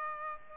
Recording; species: mosquito wingbeat signal from an infrared sensor; Aedes aegypti